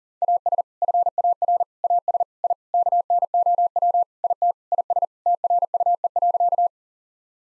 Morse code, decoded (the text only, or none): AS FAR AS I KNOW IT IS TRUE.